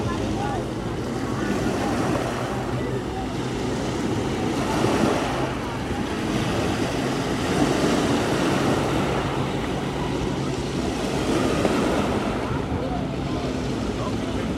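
A sunny day at the beach, filled with a steady, dense wash of surf and wind that swells gently every few seconds, strongest around five, eight and twelve seconds. A low engine-like hum runs underneath throughout, with faint voices possibly mixed in.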